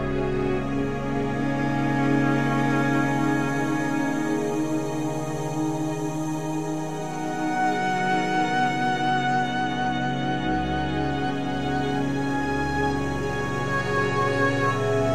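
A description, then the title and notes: Soft ambient music drifts over a wind-swept snowy forest, built from long sustained tones that hold steady through the whole stretch. A low drone swells and shifts slightly after the midpoint, while airy wind noise fills the background at an even level. Snowy Forest - Ambience and Ambient Music. The soothing sounds of a wind-swept snowy forest, with ambient sounds and beautiful ambient music.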